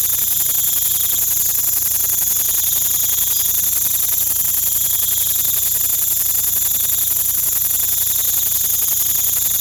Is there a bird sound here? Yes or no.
no